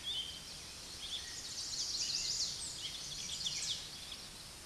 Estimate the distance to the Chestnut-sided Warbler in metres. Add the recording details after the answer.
about 30 m. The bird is about level with the microphone. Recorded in a Pennsylvania forest on 16 May 2024 at 09:39. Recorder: AudioMoth, point MSD-1360. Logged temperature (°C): 14.8 °C. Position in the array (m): 171 m, 175 m